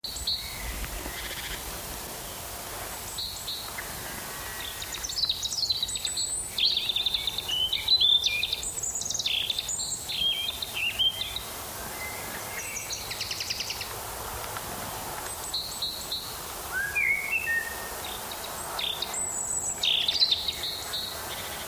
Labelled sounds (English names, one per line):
European Robin song